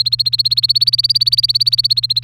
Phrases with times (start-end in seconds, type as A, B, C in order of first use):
0.00-2.23 A